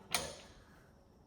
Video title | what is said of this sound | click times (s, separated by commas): Manual converting Vl commodore! | Click click. | 0.2 s